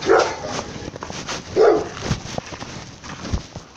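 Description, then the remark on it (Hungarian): A dog lets out two sharp, mid-pitched barks about a second and a half apart, with fainter yips and rustling noise scattered between them. “Te kurva kutya, nekem nagyon?”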